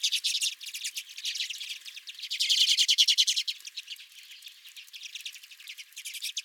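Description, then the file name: Redpolls calling together in fast, buzzy twitters, loudest around the middle, then thinning to scattered chatter. Redpolls calling at the recordist's feeder. "Redpolls at My Feeder"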